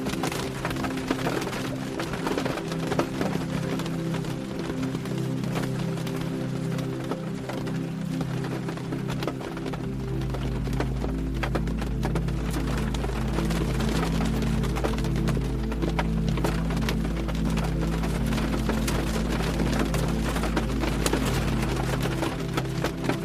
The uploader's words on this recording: Rain on the Window: Ambient Sleep Soundscape. Ambient sleep music and rain on your bedroom window.